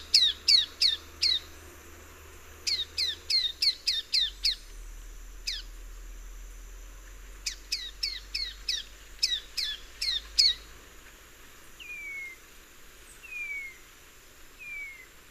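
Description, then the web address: Slaty-capped shrike-vireo excited calls: rapid bursts of sharp, high, downward-sweeping notes in quick clusters, followed by three separate thin descending whistles near the end. Excited calls; eastern lowlands of South America. "Natures Songs S America Eastern Lowlands. Vireolanius leucotis, excited calls"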